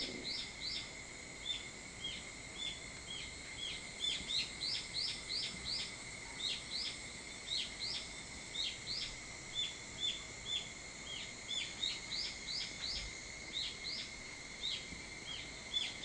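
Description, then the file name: Evening cicada song, series of bright high notes repeated steadily for the whole stretch, with a continuous faint whining tone in the background. Recorded on 22 July 2023 at 04:40. "higurashi 230722 0440"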